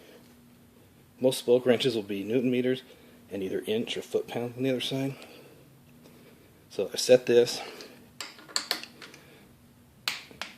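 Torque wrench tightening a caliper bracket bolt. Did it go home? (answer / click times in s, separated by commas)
yes / 10.1 s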